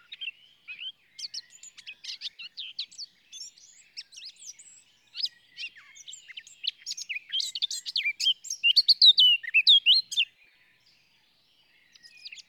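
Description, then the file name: Eurasian blackcap song: a rapid, varied warbling of scratchy and whistled notes, building to a louder, clearer flourish near the end, then a brief pause. "Sylvia atricapilla"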